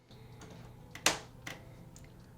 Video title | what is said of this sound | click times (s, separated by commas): HOW TO BUILD A GAMING PC (9 of 12) : What PC parts you need to build a PC in 2022 | i'll just snap right in | 1.1 s